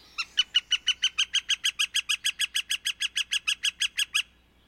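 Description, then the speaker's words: Northern Flicker giving a long, even, rapid series of sharp, bright notes that stops abruptly. "Now, take a deep breath and immerse yourself in the soothing sounds of this northern flicker."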